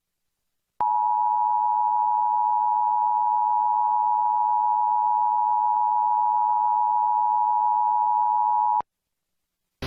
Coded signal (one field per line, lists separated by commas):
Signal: Emergency Alert System (SAME) tones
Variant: 853 and 960 Hz attention tone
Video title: EAS National Periodic Test – Xfinity (8/11/2021)